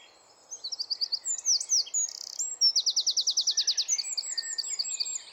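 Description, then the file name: Eurasian wren song: a loud, high-pitched burst of rapid twittering notes leading into a fast, even trill and further chattering phrases, all very high and energetic over faint background hiss. "Troglodytes troglodytes"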